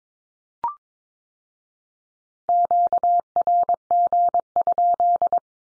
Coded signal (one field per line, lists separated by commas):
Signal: Morse code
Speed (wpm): 22 wpm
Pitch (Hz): 700 Hz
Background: none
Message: QRG?